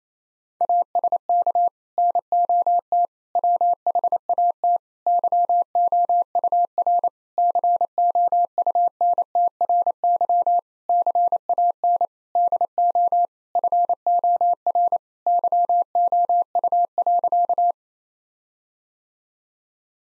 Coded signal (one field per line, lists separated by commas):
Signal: Morse code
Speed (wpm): 28 wpm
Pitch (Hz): 700 Hz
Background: none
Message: ASK NOT WHAT YOUR COUNTRY CAN DO FOR YOU.